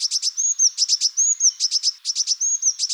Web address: Parus caeruleus